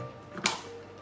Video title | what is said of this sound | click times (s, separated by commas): Drone DJI MATRICE 200 / 210 Unboxing présentation et assemblage - Escadrone | Hop, qui viennent se clipser | 0.5 s